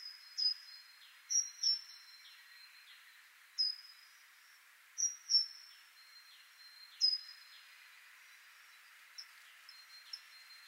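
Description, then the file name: Great tit calling with high, thin notes sliding downward, some single and some in pairs, repeated every couple of seconds over a soft hiss with faint extra chirps. "Parus major"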